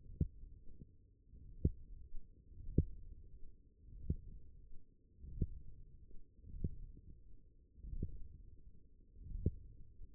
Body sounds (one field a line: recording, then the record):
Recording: forearm muscle sounds (acoustic myography)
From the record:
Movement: ulnar deviation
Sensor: system 1, eight BSWA MPA416 microphones around the upper forearm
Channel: 7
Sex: male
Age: 42 years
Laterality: right